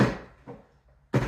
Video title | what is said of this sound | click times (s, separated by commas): 2025 Tiger 900 Rally Pro Top & Side Case Install! | it should slide into place. Once you hear a click, release this. And then now it's secure. | 1.1 s